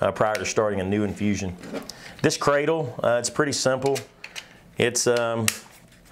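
A Sapphire infusion pump is handled at its spring-loaded plastic mounting cradle, meant to snap into place, while someone talks throughout. The pump has not snapped into the cradle yet; nothing has seated or clicked.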